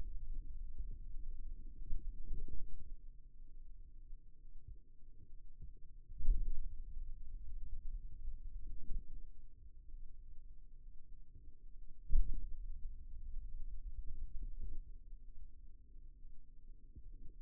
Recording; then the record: forearm muscle sounds (acoustic myography)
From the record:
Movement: pen grasping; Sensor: system 2, bracelet of six BSWA MPA416 microphones around the upper forearm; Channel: 2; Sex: male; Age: 22 years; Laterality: right